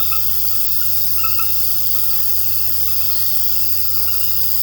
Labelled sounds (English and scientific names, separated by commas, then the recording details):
none
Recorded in pastures near Puerto Asís, Putumayo, Colombia, on 12 March 2025 at 20:00
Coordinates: 0.466, -76.322
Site CSA-02